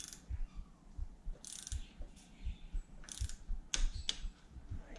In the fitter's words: has a little snap to it once it reaches the torque